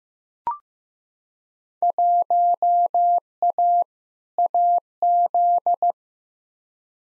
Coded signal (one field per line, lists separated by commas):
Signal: Morse code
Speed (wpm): 15 wpm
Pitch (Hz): 700 Hz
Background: none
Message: 1A AZ